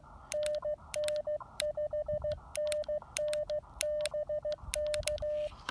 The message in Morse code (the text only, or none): NN5NN BK